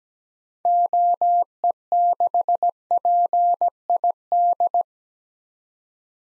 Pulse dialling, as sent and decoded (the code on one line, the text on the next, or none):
none